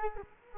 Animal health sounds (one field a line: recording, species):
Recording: mosquito wingbeat signal from an infrared sensor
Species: Culex quinquefasciatus